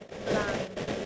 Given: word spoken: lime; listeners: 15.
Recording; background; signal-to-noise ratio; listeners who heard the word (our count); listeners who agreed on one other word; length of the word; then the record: one English word in noise, from a listening test; noise modulated by three-talker babble; -6.1 dB; 0 of 15; 9 of 15; 0.66 s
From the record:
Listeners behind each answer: 9, 1, 1, 1, 1, 1, 1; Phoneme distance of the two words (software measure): 24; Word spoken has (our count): 1 syllable, 3 phonemes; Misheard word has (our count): 1 syllable, 5 phonemes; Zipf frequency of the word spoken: 4.09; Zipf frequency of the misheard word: 4.42